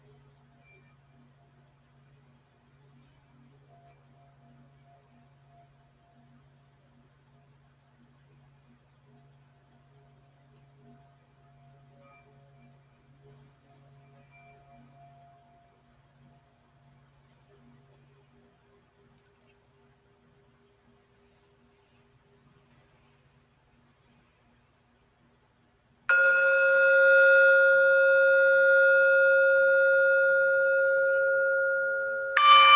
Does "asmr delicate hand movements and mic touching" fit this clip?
no